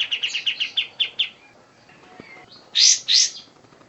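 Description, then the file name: Sooty-headed bulbul: a quick run of repeated chirps, a quiet pause with faint notes, then two loud emphatic chirps. "kapastembak. omkicau"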